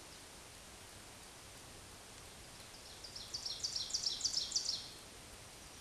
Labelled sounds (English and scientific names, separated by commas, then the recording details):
Ovenbird (Seiurus aurocapilla) song
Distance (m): 45 m
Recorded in a Pennsylvania forest on 17 May 2023 at 14:07
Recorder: AudioMoth, point grid1_26_low
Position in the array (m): 217 m, 21 m